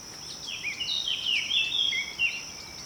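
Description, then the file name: Eurasian blackcap delivering a continuous chattering warble of quick, varied notes, with a thin high tone holding steady behind. "Sylvia atricapilla"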